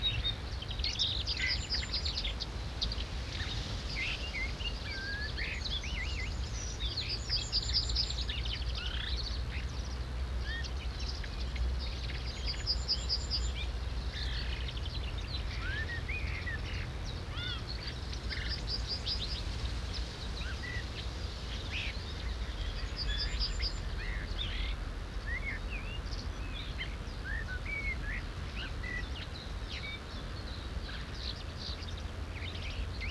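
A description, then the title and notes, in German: Starlings chatter and whistle constantly through the morning, with short rattling bursts every few seconds over a steady low rumble of background noise. Morgen in der Lehmgrube. Ein Morgen mit mehr Staren - aber mehr Störgeräuschen.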